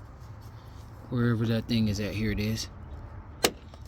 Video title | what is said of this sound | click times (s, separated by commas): Save Money & Change THIS Yourself 💨 Engine Air Filter Replacement - Honda Ridgeline Maintenance 🛻 | There it is. So, we got three pops. It's nice and sealed. | 3.5 s